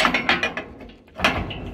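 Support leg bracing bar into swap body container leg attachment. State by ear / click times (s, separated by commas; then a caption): seated / 0.3 s, 1.2 s. The steel supporting bar of a swap body container's support leg is clipped into its attachment point on the leg, producing a quick run of sharp, ratchet-like metallic clacks followed by a quieter pause and another loud clack. The bar seats with clicks at 0.3 s and 1.3 s, and the fit is confirmed as right.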